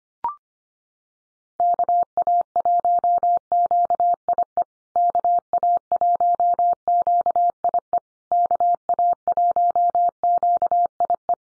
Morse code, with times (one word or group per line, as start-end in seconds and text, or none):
1.6-4.6 KA1QIE
5.0-8.0 KA1QIE
8.3-11.3 KA1QIE